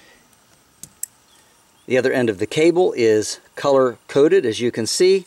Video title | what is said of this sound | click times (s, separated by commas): Anker SOLIX F3800 ( 6000 Watts of Off-Grid Power! ) | you can hear that click | 1.0 s